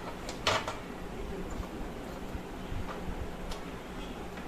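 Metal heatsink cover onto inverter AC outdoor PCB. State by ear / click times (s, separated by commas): seated / 0.5 s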